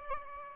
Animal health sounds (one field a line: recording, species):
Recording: mosquito wingbeat signal from an infrared sensor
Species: Aedes albopictus